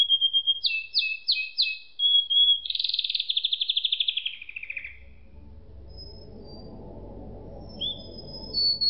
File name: suara kenari makige